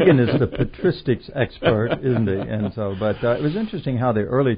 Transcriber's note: laughter